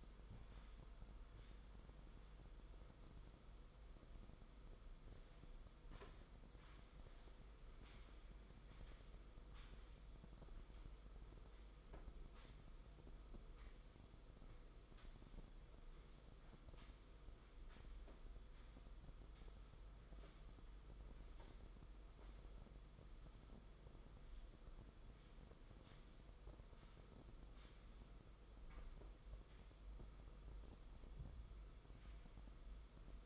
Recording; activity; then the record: daily activity, microphone in the room; sweep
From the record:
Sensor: 5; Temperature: 22.3 degrees Celsius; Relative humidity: 52.2%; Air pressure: 990.7 hPa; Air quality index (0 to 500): 163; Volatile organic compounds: 287 ppm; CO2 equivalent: 4452 ppm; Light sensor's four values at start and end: 43/132/51/54 and 43/132/50/54